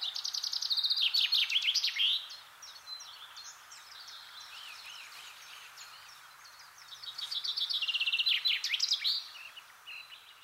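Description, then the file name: Common chaffinch song delivered twice; each is a fast rattling series of notes descending to an ending flourish, with softer bird calls in between. "Fringilla coelebs"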